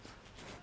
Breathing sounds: one breath in and out by a microphone near the nose and mouth; strong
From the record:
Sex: male

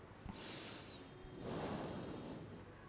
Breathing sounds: one breath in and out by a microphone near the nose and mouth; normal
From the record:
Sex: male

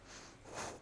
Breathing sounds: one breath in and out by a microphone near the nose and mouth; strong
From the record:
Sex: female

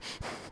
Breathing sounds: one breath in and out by a microphone near the nose and mouth; strong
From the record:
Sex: male

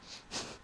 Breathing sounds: one breath in and out by a microphone near the nose and mouth; strong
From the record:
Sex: male

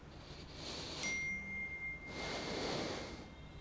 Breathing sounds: one breath in and out by a microphone near the nose and mouth; deep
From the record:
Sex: male

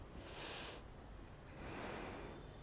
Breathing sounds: one breath in and out by a microphone near the nose and mouth; deep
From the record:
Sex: female

